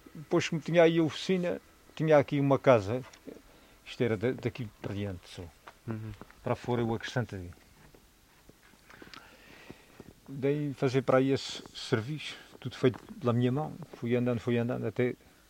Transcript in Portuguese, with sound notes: depois, como tinha aí a oficina, tinha aqui uma casa. Isto era da- daqui para diante só.
Rhum-rhum.
Para fora, eu acrescentei. [pausa] Dei em fazer para aí esse serviço, tudo feito pela minha mão, fui andando, fui andando, até